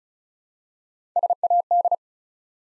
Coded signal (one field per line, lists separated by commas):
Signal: Morse code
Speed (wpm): 36 wpm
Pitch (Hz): 700 Hz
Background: none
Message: SAD